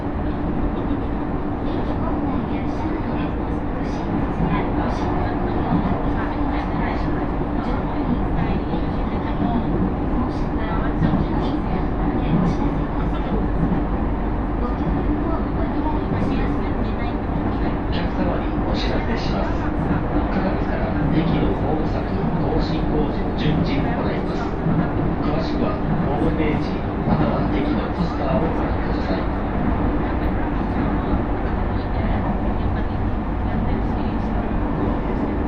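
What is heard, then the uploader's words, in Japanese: Train ride on the Aonami and Higashiyama lines: a steady low rumble throughout, with voices murmuring and faint clicks scattered over it. 鉄道旅 あおなみ線・東山線 金城ふ頭→荒子・高畑→名古屋。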